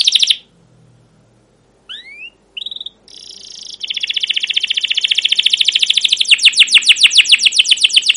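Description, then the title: Canary song: a brief chirp, scattered upslurred notes, then a long rolling trill that grows louder into sharp chirps. Canary song used as a lure (pancingan) to train other canaries; described as gacor, long rolls with cuit cuit notes. "CUIT CUIT NGEROL LANGSUNG GACOR PANJANG Kenari Ini AMPUH Utk Pancingan KENAR. Masteran Suara Burung Kenari Gacor Panjang cuit cuit Ngerol untuk Pancingan Kenari!"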